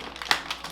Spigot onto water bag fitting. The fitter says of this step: should be three clicks once it goes down voila